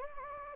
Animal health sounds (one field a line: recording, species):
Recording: mosquito wingbeat signal from an infrared sensor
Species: Anopheles gambiae